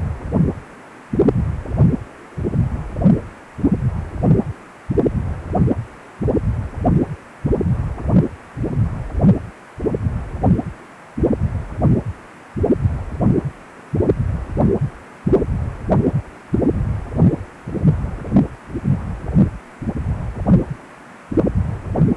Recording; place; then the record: Doppler ultrasound of blood flow; precordium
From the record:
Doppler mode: continuous wave and pulsed wave in the uncut recording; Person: healthy adult, 18 to 50 years, no heart murmur, not diving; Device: 2.5 MHz transducer